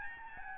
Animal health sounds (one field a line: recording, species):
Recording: mosquito wingbeat signal from an infrared sensor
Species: Aedes albopictus